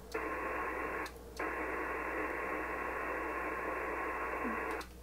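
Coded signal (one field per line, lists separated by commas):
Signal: HF data modem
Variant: PACTOR-III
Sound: steady wide rushing data hiss with two brief pauses as the link turns around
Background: radio static, low hum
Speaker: how robust the Packour protocol is that even with all that static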